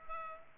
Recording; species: mosquito wingbeat signal from an infrared sensor; Culex pipiens